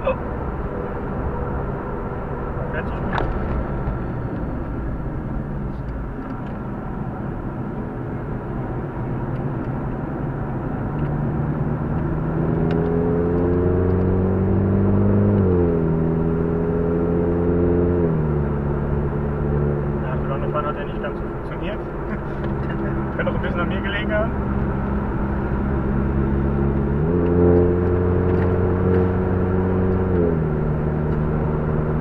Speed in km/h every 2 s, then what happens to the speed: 124, 114, 75, 64, 60, 62, 81, 93, 103, 108, 105, 100, 99, 106, 109, 113.
1-8 brakes to 60. 10-19 speeds up to 108. 19-24 slows to 99. 24-32 speeds up to 113.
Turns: 5-13.